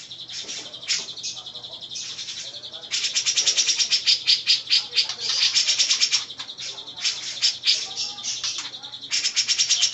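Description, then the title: Grey-cheeked bulbul giving harsh, buzzy chattering calls in dense bursts, with short pauses and a loud, sustained stretch in the middle. Female. "Cucak Jenggot Betina"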